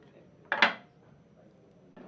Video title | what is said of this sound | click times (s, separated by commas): Installers Video: Andersen A2 walk-through | two feet at the back porch will click into place | 0.5 s